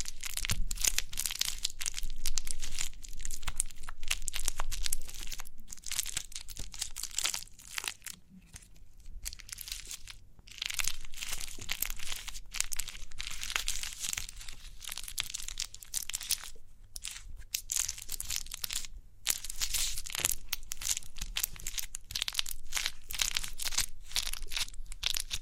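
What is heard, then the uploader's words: Crinkly pimple popping sounds, made of dense, rapid crackling and crinkling that runs almost without pause for the whole stretch. The texture is bright and crisp, broken by brief silent gaps near 9, 10, 17 and 19 seconds, with a faint low rumble underneath. Crinkly Pimple Popping.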